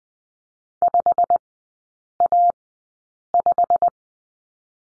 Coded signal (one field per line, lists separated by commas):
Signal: Morse code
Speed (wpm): 20 wpm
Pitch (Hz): 700 Hz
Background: none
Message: 5A5